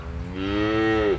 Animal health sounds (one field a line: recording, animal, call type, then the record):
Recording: contact call of a hoofed animal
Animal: cattle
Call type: low-frequency (closed-mouth) or high-frequency (open-mouth) call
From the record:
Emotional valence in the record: negative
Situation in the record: full separation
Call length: 1.19 s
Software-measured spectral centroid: 1530 Hz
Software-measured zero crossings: 1200 a second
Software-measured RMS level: -23 dBFS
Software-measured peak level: -12 dBFS